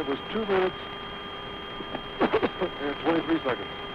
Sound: cough